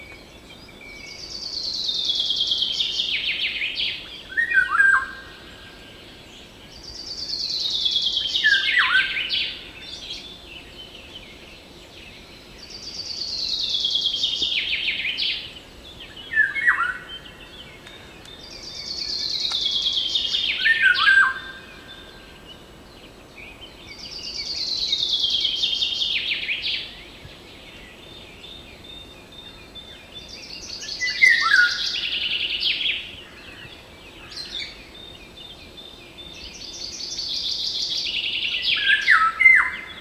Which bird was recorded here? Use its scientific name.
Oriolus oriolus